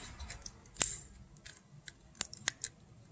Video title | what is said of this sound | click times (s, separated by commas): how APS film cassettes work and how to unload/reload | and it'll make a little snap there we go so it made the little snap sound now it's latched back in again | 2.5 s